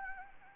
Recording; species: mosquito wingbeat signal from an infrared sensor; Anopheles gambiae